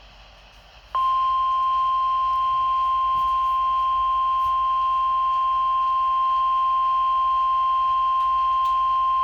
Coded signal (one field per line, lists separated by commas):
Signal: Emergency Alert System (SAME) tones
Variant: 1050 Hz attention tone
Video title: Required Weekly Test (3/23/22)(EAS #886)